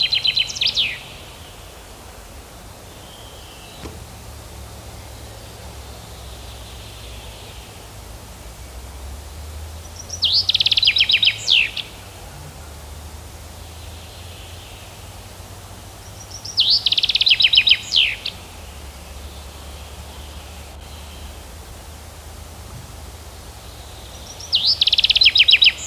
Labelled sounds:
Common Chaffinch (Fringilla coelebs) song

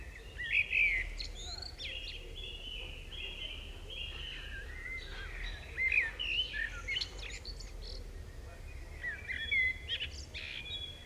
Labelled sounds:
Common Blackbird (Turdus merula) song

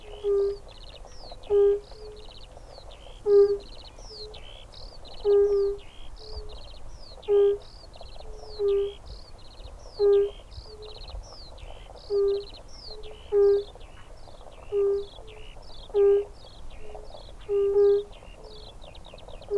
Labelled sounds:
Fire-Bellied Toad (Bombina bombina) call

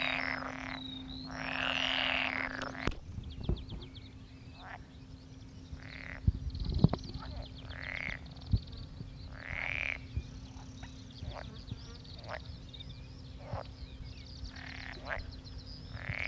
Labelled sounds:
Pool Frog (Pelophylax lessonae) call

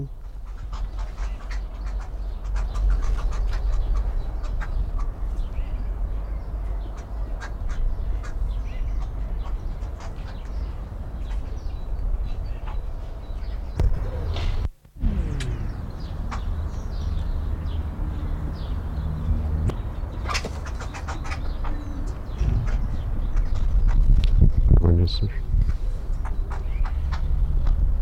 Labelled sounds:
White-necked Laughingthrush (Garrulax strepitans)

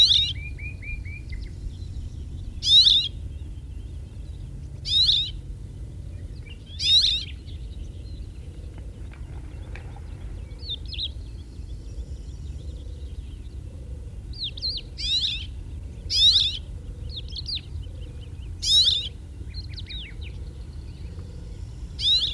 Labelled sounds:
Cirl Bunting (Emberiza cirlus) call

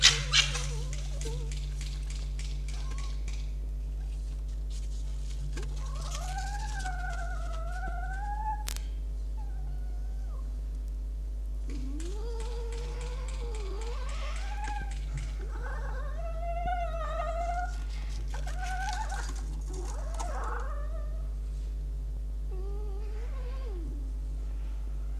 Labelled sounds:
Red Fox (Vulpes vulpes)

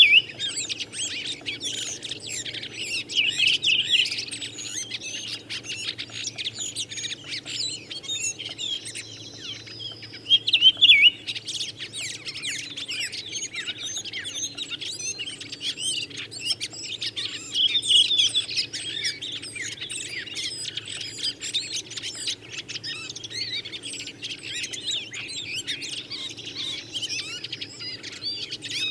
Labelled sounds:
Redwing (Turdus iliacus) song

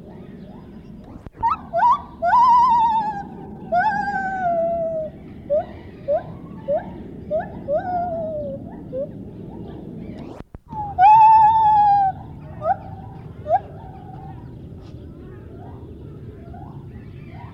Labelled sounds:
Lar Gibbon (Hylobates lar)

